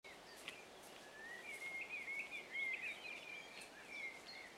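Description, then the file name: Eurasian blackcap song: a continuous, rambling warble of quick, varied twittering notes, fairly even in volume, against a noisy hissing background. "Sylvia atricapilla"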